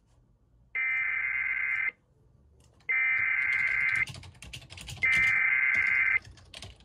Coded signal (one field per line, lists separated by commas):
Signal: Emergency Alert System (SAME) tones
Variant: header bursts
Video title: EAS 1401: NWS Twin Cities Tornado Warning #2